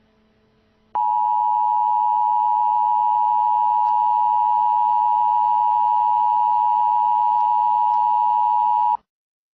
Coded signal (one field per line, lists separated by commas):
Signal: Emergency Alert System (SAME) tones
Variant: 853 and 960 Hz attention tone